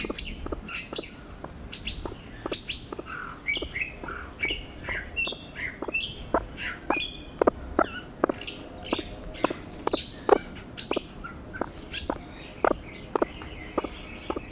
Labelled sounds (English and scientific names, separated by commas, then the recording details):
Great Argus (Argusianus argus) call
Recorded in captivity
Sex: male
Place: Vogelpark Walsrode, Niedersachsen, DE
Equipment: Halbspur, 9,5 cm/s
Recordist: Lütgens, Hans